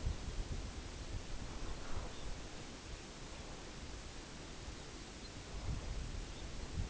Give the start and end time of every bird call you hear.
[1.96, 2.31] Red Phalarope
[5.11, 5.35] Red Phalarope
[6.25, 6.49] Red Phalarope

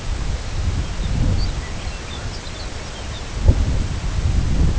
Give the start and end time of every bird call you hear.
[0.78, 3.23] Lapland Longspur

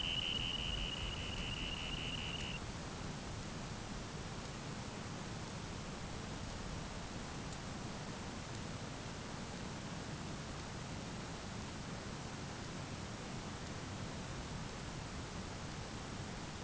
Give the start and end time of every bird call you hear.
[0.00, 2.68] Dunlin

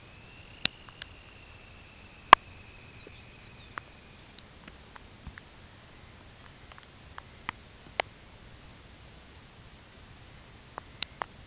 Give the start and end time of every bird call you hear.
[0.00, 4.49] Dunlin
[2.92, 4.42] Lapland Longspur
[5.57, 8.43] Dunlin
[10.19, 11.29] Dunlin

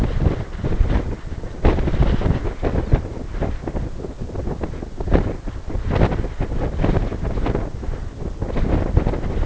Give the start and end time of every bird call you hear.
[2.79, 3.06] Lapland Longspur

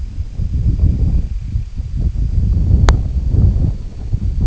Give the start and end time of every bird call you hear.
[0.01, 2.13] Semipalmated Sandpiper

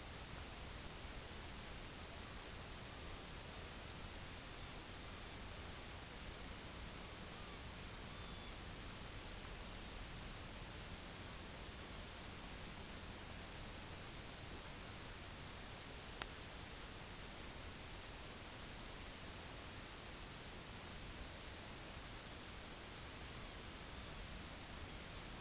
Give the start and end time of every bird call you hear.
[1.91, 3.29] Common Raven
[4.03, 5.39] Common Raven
[7.22, 7.67] Common Raven
[8.02, 8.62] Common Raven
[9.55, 10.96] Common Raven
[11.69, 12.12] Common Raven
[23.21, 25.03] Common Raven

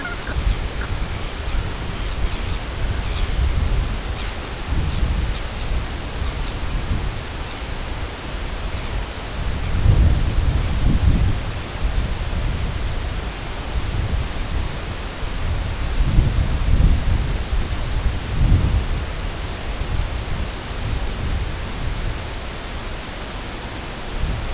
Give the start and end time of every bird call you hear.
[0.00, 0.40] Brent Goose
[0.07, 0.68] Sabine's Gull
[0.69, 0.95] Brent Goose
[1.31, 1.64] Sabine's Gull
[1.97, 2.65] Sabine's Gull
[2.98, 3.44] Sabine's Gull
[4.01, 4.45] Sabine's Gull
[4.79, 5.76] Sabine's Gull
[6.14, 6.62] Sabine's Gull
[7.37, 7.76] Sabine's Gull
[8.62, 8.98] Sabine's Gull

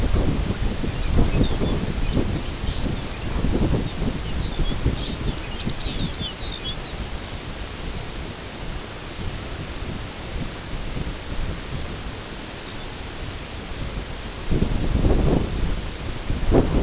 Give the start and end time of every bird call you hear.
[0.49, 2.77] White-rumped Sandpiper
[0.81, 3.37] Lapland Longspur
[3.81, 7.01] Lapland Longspur
[7.93, 8.18] Lapland Longspur
[12.45, 12.91] Lapland Longspur

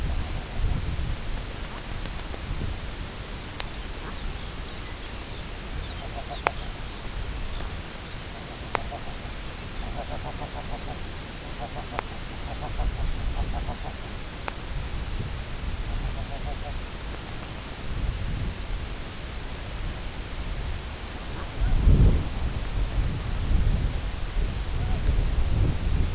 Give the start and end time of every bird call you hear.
[0.02, 0.78] King Eider
[1.58, 1.86] Brent Goose
[3.63, 8.31] Lapland Longspur
[3.93, 4.20] Brent Goose
[5.93, 6.71] King Eider
[8.38, 9.24] King Eider
[9.37, 9.90] Lapland Longspur
[9.78, 10.98] King Eider
[10.65, 11.03] Lapland Longspur
[11.36, 14.02] King Eider
[15.88, 16.80] King Eider
[21.26, 21.82] Brent Goose
[24.71, 25.03] Brent Goose

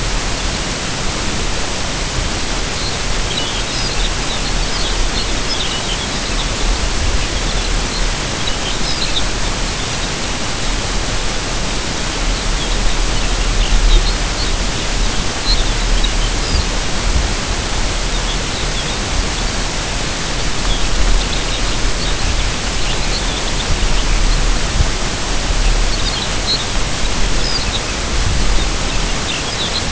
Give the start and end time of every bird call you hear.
[2.69, 6.87] Lapland Longspur
[7.14, 10.11] Lapland Longspur
[12.26, 14.60] Lapland Longspur
[15.40, 16.70] Lapland Longspur
[18.02, 19.09] Lapland Longspur
[20.61, 24.82] Lapland Longspur
[25.54, 27.98] Lapland Longspur
[28.48, 29.84] Lapland Longspur

